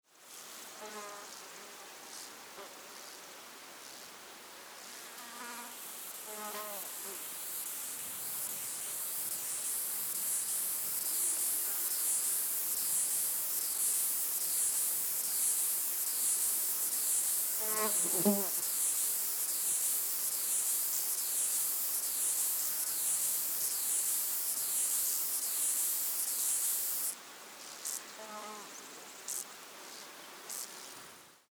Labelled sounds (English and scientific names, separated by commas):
Stripe-winged Grasshopper (Stenobothrus lineatus)